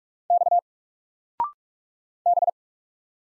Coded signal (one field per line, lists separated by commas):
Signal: Morse code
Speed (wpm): 45 wpm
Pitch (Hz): 700 Hz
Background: none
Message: X B